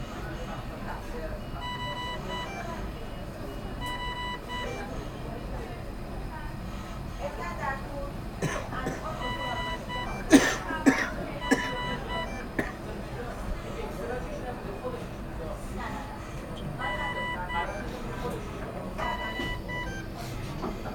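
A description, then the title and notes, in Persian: Inside a hospital emergency department, a steady low hum of voices and machinery fills the room. Short electronic beeps repeat at regular intervals throughout, and a few sharp knocks and clatters stand out near the middle. اورژانس بیمارستان شریعتی.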